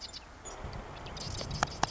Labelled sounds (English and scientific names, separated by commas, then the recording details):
Marsh Wren (Cistothorus palustris)
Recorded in Sonoma County, California